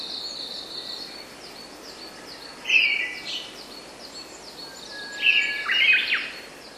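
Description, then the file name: Brown thrasher song: two loud bursts of varied, slurred phrases, with softer high notes between them. "brown thrush"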